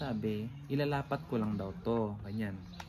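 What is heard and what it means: A smartphone is set into the plastic alignment frame of a WSKEN iPhone screen protector kit while someone talks. A brief sharp transient near the end at 2.8 s is heard, but the frame has not locked onto the phone yet and nothing has seated or clicked.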